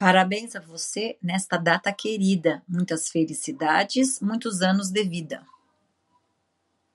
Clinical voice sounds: short text; Brazilian Portuguese; female; 40 to 49 years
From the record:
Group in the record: control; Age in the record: 48 years

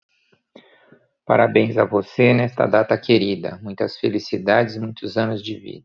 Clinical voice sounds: short text; Brazilian Portuguese; male; 50 to 59 years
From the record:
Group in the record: control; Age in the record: 53 years

